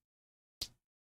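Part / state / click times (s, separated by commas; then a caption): plastic model kit piece into the figure's back / seated / 0.6 s. A plastic model kit piece is pushed into the back of the model figure and snaps in with a single sharp click at 0.6 s. The click rings bright around 4 kHz and fades within about 0.2 s, with silence around it. The piece is confirmed seated.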